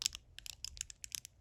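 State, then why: Not seated. During reassembly of a Williams M-52A 1/4 inch drive ratchet, the retaining snap ring is started at the lip and pressed around the ratchet head toward its groove. Short, sharp ticks and light scraping come in quick bursts. The clip ends before the ring snaps home, so nothing has seated or clicked yet.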